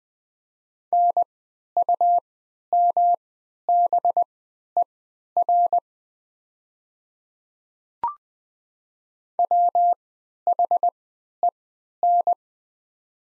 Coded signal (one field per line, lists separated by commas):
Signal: Morse code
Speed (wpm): 20 wpm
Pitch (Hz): 700 Hz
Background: none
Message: NUMBER WHEN